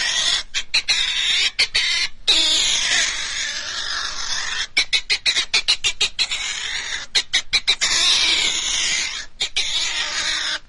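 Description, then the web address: Pine marten chattering, harsh raspy notes broken into rapid choppy bursts, with longer screeching stretches between the runs of clipped syllables. "european pine marten"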